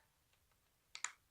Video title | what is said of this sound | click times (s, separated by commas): Must Have DJI Spark Accessories! | it in place and they click in place so | 0.9 s, 1.0 s